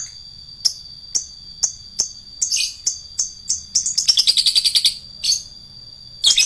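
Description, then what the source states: Lovebird song: sharp high chirps spaced about half a second apart, breaking into a rapid chattering run, with a steady high whine in the background. Adult lovebird, described as a fighter type.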